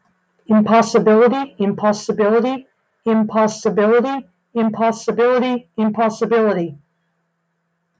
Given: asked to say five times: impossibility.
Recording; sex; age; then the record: repeated word; female; 60 to 69 years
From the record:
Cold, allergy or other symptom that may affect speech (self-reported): no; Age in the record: 60 years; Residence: North Carolina, United States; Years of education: 14